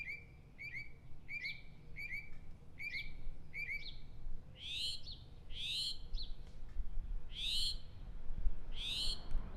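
Northern mockingbird song: a clear note repeated several times near mid pitch, then a switch to higher, buzzier rising phrases, each repeated a few times.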